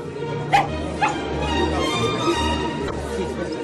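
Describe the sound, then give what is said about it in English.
A small dog, carried around by a woman, lets out a few sharp, high-pitched yaps spaced about half a second apart, then whimpers softly, all over a steady low hum of background murmur. “Lady Malinger carries that dog around as if it were part of her dress.”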